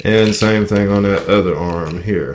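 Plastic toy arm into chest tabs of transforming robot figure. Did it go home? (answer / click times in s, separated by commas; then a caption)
no / none. Someone talks while handling the second plastic arm of a transforming robot toy, getting ready to push it up into the chest tabs so it locks into place. Nothing has seated or clicked yet.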